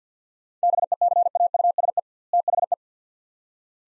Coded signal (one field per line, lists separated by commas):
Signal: Morse code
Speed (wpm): 47 wpm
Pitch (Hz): 700 Hz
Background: none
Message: BECAUSE THE